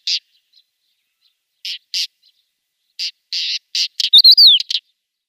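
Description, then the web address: Pied wheatear singing: a series of harsh buzzy notes at uneven gaps, speeding up into a short whistled warbling flourish. "Schulze Peter Pied Wheatear song"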